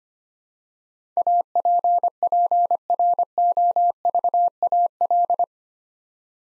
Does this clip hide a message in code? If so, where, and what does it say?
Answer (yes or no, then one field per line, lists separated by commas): yes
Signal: Morse code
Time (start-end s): 1.2-5.4 s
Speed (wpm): 25 wpm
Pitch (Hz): 700 Hz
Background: none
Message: APPROVAL